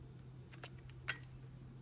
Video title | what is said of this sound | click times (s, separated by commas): Wideye Isavi IsatHub : How To Set Up & Operate : NorthernAxcess | you hear the click right there wiggle it around a little bit make sure it's firmly in place | 1.1 s